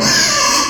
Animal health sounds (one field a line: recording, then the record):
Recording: squeal of a Yucatan mini pig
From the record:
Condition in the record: before surgery on the right vocal fold (resection and tissue-engineered implant)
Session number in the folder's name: 2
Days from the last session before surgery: 0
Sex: male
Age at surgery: 12 weeks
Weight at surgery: 13 kg